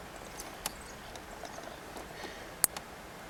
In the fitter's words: here click in place can't be pulled out now and simply close the connection